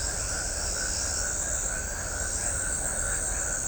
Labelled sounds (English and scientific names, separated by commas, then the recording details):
none
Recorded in shrubland near Pivijay, Magdalena, Colombia, on 4 June 2023 at 21:00
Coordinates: 10.453, -74.365
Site P5-G022